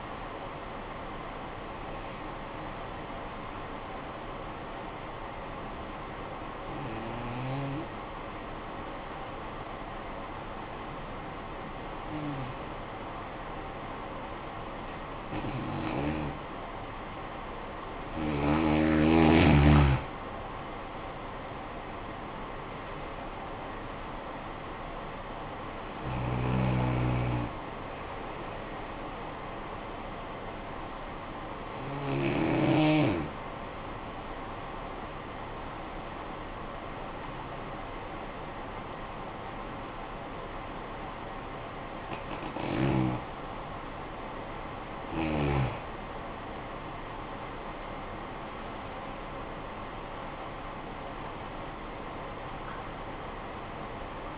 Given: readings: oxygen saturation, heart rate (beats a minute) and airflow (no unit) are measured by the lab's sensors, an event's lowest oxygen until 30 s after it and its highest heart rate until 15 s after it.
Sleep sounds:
breathing in sleep by a voice recorder at the bedside; 2
6.00-19.70 s: hypopnea (N1, oxygen 95% highest, then 88% lowest, heart rate 48 at the start, 63 highest)
32.00-45.70 s: hypopnea (N1, oxygen 95% highest, then 90% lowest, heart rate 56 at the start, 63 highest)
From the record:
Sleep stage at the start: N1 (lightest sleep); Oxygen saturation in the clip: 88 to 95%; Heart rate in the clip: 48 to 63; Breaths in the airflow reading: 11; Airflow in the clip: -13.5 to 11.9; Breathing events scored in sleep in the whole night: 445 in 7.6 hours asleep

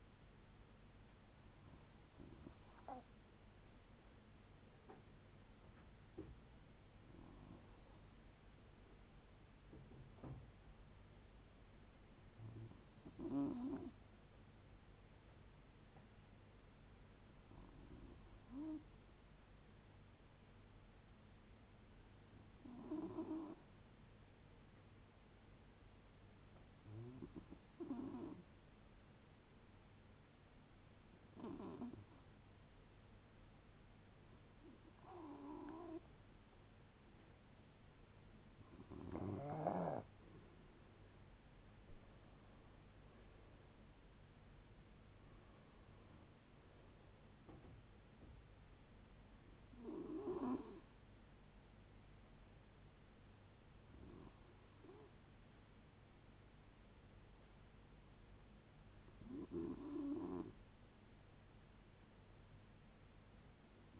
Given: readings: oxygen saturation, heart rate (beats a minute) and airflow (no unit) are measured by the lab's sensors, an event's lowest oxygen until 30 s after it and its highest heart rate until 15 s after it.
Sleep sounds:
a person awake in a sleep study, by a voice recorder at the bedside; none
0.00-64.00 s: awake
0.00-64.00 s: awake
From the record:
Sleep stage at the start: awake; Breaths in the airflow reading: 23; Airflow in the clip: -0.7 to 0.6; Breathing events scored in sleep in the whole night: 496 in 5.4 hours asleep

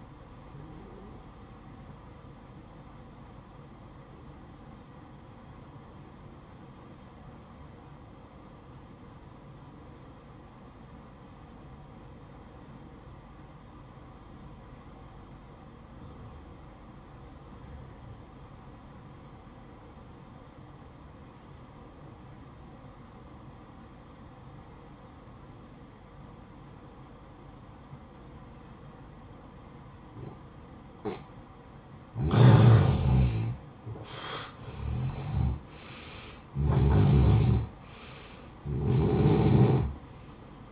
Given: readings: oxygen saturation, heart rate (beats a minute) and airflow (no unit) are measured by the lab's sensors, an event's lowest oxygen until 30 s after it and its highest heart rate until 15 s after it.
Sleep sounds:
breathing in sleep by a smartphone at the bedside; 1
5.00-33.10 s: obstructive apnea (N1, oxygen 95% highest, then 87% lowest, heart rate 56 at the start, 69 highest)
13.00-40.72 s: new sleep stage, N2 (light sleep)
From the record:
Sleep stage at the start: N1 (lightest sleep); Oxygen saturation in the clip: 87 to 95%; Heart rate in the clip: 55 to 68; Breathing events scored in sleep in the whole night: 573 in 9.8 hours asleep

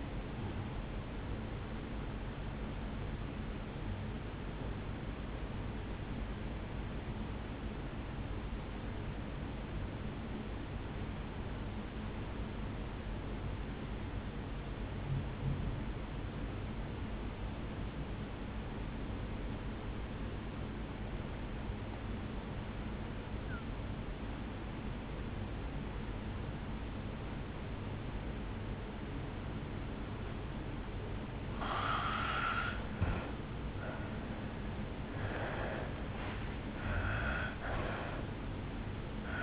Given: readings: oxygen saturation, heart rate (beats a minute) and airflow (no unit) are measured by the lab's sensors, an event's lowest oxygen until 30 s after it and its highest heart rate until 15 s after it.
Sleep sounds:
breathing in sleep by a voice recorder at the bedside; 1
5.00-33.10 s: obstructive apnea (N2, oxygen 94% highest, then 78% lowest, heart rate 63 at the start, 74 highest)
28.00-39.43 s: new sleep stage, N1 (lightest sleep)
From the record:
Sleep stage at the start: N2 (light sleep); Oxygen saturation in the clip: 84 to 94%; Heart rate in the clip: 56 to 74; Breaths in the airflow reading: 4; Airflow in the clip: -11.3 to 5.1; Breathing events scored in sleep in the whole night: 449 in 7.0 hours asleep

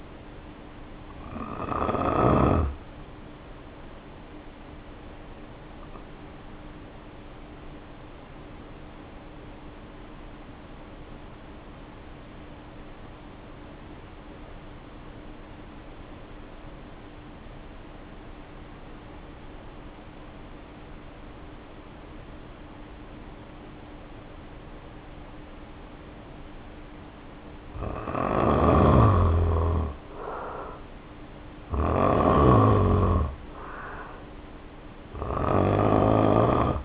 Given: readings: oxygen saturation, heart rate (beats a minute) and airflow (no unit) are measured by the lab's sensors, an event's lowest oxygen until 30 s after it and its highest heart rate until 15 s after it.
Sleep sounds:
breathing in sleep by a voice recorder at the bedside; 1
5.00-31.20 s: hypopnea (N1, oxygen 94% highest, then 78% lowest, heart rate 53 at the start, 65 highest)
25.00-36.85 s: new sleep stage, N2 (light sleep)
From the record:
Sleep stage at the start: N1 (lightest sleep); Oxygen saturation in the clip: 77 to 94%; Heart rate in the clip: 50 to 66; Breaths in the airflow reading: 11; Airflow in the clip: -1.8 to 2.6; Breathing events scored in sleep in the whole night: 520 in 7.2 hours asleep

